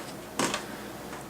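A RAM memory stick is pushed down into a motherboard DIMM slot until its retention clips snap shut. A sharp snap is heard at 0.4 s, followed by a softer click at about 0.5 s over a quiet background. The module is seated.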